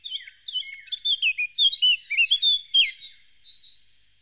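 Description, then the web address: Eurasian blackcap song: a rapid, varied warble of high whistled and chattering notes, building to a fast jumbled phrase then fading out. "chants d'oiseaux Jean C Roche - Fauvette a tete noire"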